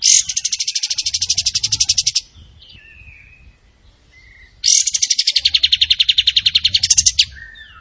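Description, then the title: Tembakan bird song: two loud, rapid, buzzy trills of about two seconds each, separated by a quiet gap with a few soft squeaky notes. Tutoring recording for training cage birds; lively, frequently singing bird. "Masteran Burung Tembakan Gacor"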